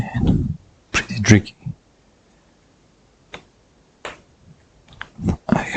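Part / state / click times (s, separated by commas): internal component or connector into a gaming laptop's mainboard or chassis / seated / 5.0 s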